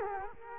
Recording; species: mosquito wingbeat signal from an infrared sensor; Culex quinquefasciatus